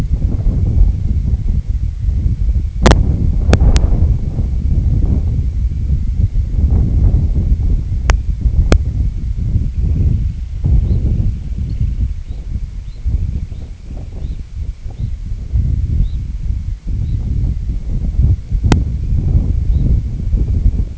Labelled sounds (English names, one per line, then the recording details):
Dunlin
Red Phalarope
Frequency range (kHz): Dunlin 1.6-4.0 kHz; Red Phalarope 2.9-5.2 kHz
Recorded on Arctic tundra, site IGLO-D, on 25 June 2018
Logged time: 08:00